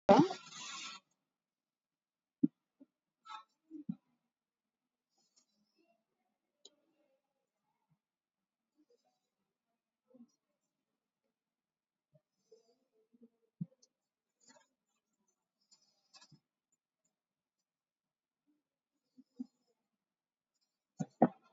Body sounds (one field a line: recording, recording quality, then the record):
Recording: deep breathing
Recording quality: moderate, slight background noise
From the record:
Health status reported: COVID-19 positive, mild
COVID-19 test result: positive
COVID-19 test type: RT-PCR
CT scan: taken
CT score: 0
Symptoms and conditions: fatigue, another condition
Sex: female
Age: 35 years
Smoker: no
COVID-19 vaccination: one dose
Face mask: worn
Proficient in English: yes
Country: India